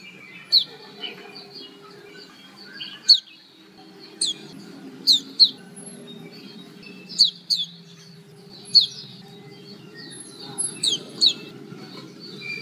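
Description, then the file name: White-eye giving thin, sharp high chirps, singly and in quick pairs, at irregular intervals, with a soft low hum in the background. Female. "pleci betina"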